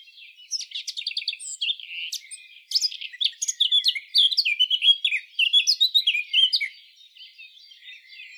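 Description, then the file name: Eurasian blackcap song: a lively warble of quick chattering and clearer notes, loudest in the middle, then fading to softer twitters. "Sylvia atricapilla"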